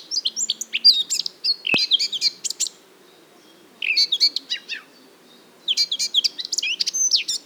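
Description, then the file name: Eurasian blackcap song: bursts of quick, varied warbling notes, some whistled and sliding, delivered in three phrases separated by short pauses, with a single sharp click near the start. "Sylvia atricapilla"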